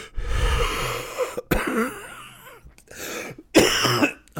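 A long, noisy deep breath in is followed by about three short, sharp, dry coughs with no wet rattle, heard in a small room. It is a deep, dry chest cough in an adult.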